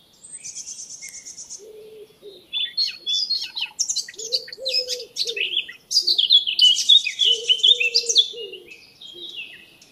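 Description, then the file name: Eurasian blackcap song of rapid chattering and warbled phrases, growing louder midway, with soft low notes repeated in the background. "Sylvia atricapilla"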